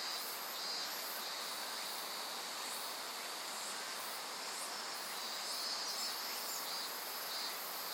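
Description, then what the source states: Insects singing a continuous high trill with short bursts of even higher buzzing repeated throughout, over a steady roar of flowing water. Various insects calling in a forest of dense trees beside the Azusa River, Shinano River system, Shinshu.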